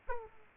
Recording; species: mosquito wingbeat signal from an infrared sensor; Aedes aegypti